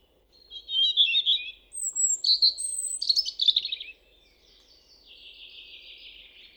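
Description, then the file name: European robin singing several short phrases: warbling notes, high thin whistles and a fast jangling run, then a softer, lower trailing twitter. "Erithacus rubecula"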